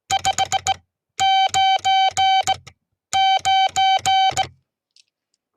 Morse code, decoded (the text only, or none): 599